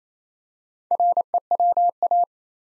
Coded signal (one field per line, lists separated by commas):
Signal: Morse code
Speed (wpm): 27 wpm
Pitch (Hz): 700 Hz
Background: none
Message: REWA